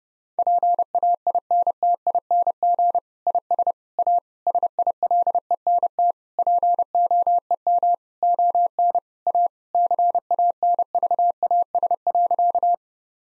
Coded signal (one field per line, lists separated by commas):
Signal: Morse code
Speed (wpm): 30 wpm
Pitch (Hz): 700 Hz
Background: none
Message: PAINTING IS A SILENT POEM ON A CANVAS.